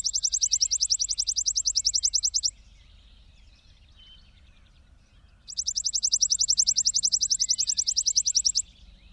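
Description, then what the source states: Chipping Sparrow song: two dry, rapid, even trills of high chips, with a quiet pause between them. Familiar little sparrow seen sitting by the wayside, repeating with a devout attitude a fine sliding chant.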